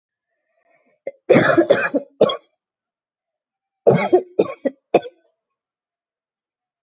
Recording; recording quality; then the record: heavy voluntary cough; excellent, no background noise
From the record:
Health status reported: healthy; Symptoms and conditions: none ticked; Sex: female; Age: 32 years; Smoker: not ticked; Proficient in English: yes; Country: India